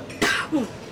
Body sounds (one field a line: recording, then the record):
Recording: coughing mixed with background sound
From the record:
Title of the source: 64 coughing, allergies, singing lungs